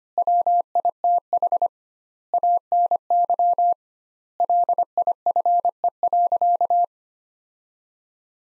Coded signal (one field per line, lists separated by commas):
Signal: Morse code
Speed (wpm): 25 wpm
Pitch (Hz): 700 Hz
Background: none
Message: WITH ANY LIFE.